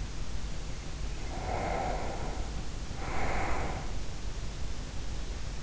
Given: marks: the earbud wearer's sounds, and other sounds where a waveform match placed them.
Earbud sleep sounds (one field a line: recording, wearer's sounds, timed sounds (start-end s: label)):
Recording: sounds in sleep by an in-ear microphone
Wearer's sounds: breath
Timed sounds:
1.00-4.11 s: breath